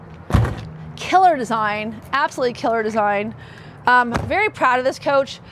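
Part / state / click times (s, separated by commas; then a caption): pull-out tray lock in RV compartment / seated / 0.3 s, 0.4 s. A pull-out storage tray in a compartment of a 2025 Newmar Mountain Aire 3825 Class A motorhome is pushed closed after its lock lever is lifted, and it locks in place with a sharp thump at 0.3 s and a second one at 0.5 s. It also locks when pulled fully out. Afterward someone talks.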